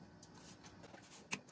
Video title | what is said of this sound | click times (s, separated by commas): How to assemble /build computer desktop | Ayan, nag-click na. | 1.3 s